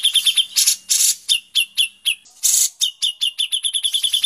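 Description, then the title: Grey-cheeked bulbul with a song of clipped high notes and loud raspy bursts, closing with a rapid series of short chips. "MASTERAN CUCAK JENGGOT"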